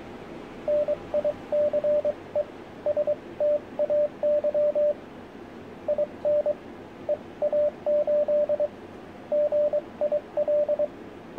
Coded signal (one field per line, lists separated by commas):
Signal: Morse code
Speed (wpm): 23 wpm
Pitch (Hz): 590 Hz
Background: radio noise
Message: NICE STAY IN EA8 GIL